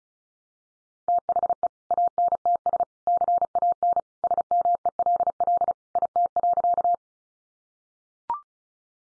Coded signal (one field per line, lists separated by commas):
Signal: Morse code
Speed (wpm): 34 wpm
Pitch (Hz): 700 Hz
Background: none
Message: THE ANTS CAN SMELL IT.